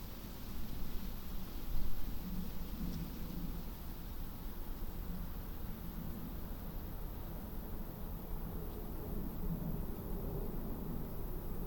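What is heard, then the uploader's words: Leaves rustle near and far at a summer meadow's woodland edge in a steady, dense hiss over a heavy low rumble like wind buffeting. A stronger gust swells around two seconds, then the sound holds fairly even to the end. Summer meadow woodland edge. How banks of soft summer air move spatially across the treetops. We travelled into Hertfordshire (by train and on foot of course) to take this sound photograph from as near as possible to the Clinton Baker Pinetum one lunchtime last week. Its leaves near and far, rustling.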